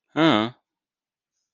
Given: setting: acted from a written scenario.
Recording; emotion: vocal sound without words; neutral